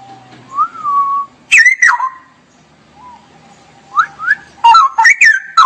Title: mster Mnuk. Masteran Burung CUCAK ROWO Kualitas Jernih. Cucak Rowo Ropel Gacor